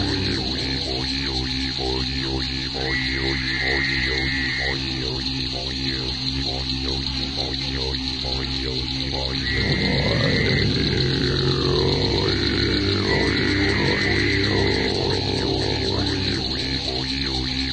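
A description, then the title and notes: Throat singing on a small lake: a low, buzzing drone enters around ten seconds, with whistling overtones sliding up and down above it. Underneath, a dense, steady chorus of rapid pulsing calls and a constant high insect hiss fills the whole clip. Frogs. Remixing stereo tracks captured on a small lake in the Big Thicket with some homegrown throatsinging.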